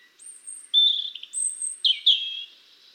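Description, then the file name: European robin singing very high thin whistles alternating with sweeter, lower, wavering notes in a short varied phrase. "Erithacus rubecula"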